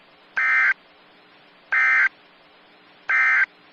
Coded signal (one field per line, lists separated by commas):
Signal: Emergency Alert System (SAME) tones